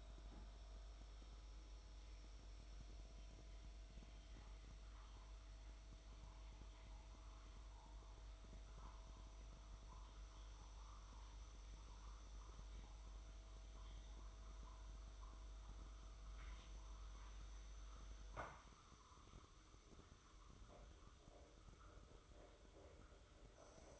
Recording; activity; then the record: daily activity, microphone in the room; make coffee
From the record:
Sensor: 3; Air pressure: 995.2 hPa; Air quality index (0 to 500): 72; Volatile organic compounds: 4 ppm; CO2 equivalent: 1654 ppm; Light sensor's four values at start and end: 17/50/21/18 and 17/50/21/18